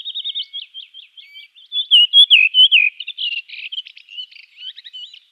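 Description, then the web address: Redwing singing one continuous phrase: thin whistled notes, then louder descending fluty whistles, then a tail of rapid scratchy twittering, with no background noise. "Schulze Peter Redwing song"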